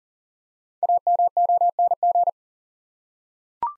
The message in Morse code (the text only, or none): AMONG